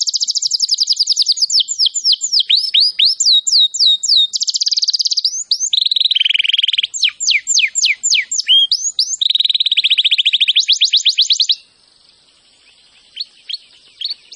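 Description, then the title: Canary song of varied trills and falling whistles, with buzzy rolling passages between, continuing for about eleven seconds before stopping, then a few faint notes. Song described as gacor, meaning vigorous, continuous singing. "Kenari Gacor"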